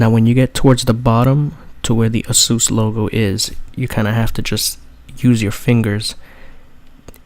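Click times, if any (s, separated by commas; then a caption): 7.1 s. Someone talks while fingers are worked under the plastic screen bezel near the bottom of the lid of an Asus C200MA-DS01 Chromebook laptop to lift it. Two small sharp clicks at 7.1 s and 7.1 s are the little plastic retaining clips popping loose, and the bezel clips snap apart and are released.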